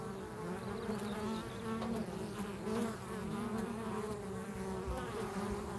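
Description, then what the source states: Bees droning in a low, continuous hum with shifting, wavering tones. Bees in a field.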